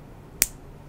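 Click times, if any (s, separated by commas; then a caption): 0.4 s. A vintage Geha 731 fountain pen's cap is pushed onto the barrel close to the microphone. It gives one sharp, bright click at 0.4 seconds against a quiet background. The cap snaps closed and seats firmly.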